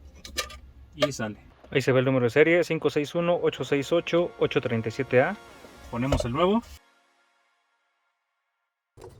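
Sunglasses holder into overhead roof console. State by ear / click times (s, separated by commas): not seated / none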